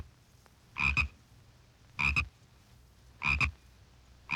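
Single frog giving brief doubled chirps about once every second or so, each a quick pulsed burst, with a low hum underneath.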